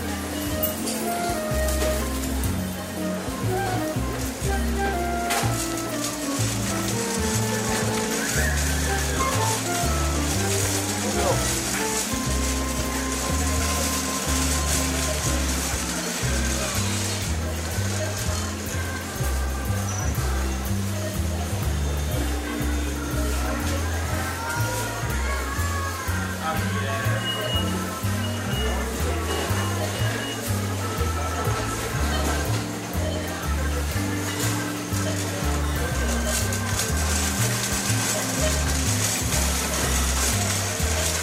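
A busy shop interior hums with overlapping voices and a steady low rumble, occasional bright clinks and chirps rising over the constant murmur.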